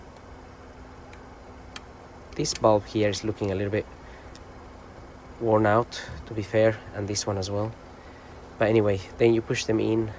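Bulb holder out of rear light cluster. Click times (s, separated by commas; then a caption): 1.8 s. A plastic bulb holder is pressed and twisted out of the rear light cluster housing of a 2014 BMW X3 F25, giving a sharp tick at 1.8 s as it pops out and is released. Someone then talks while the bulbs, which look a little worn out, are shown.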